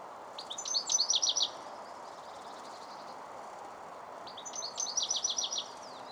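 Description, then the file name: European goldfinch giving two bursts of rapid, tinkling twitters with buzzy trilled notes, separated by a few seconds of quiet hum. "Carduelis carduelis"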